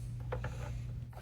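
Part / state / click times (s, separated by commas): plastic ear piece into toy mask / seated / 0.3 s, 0.4 s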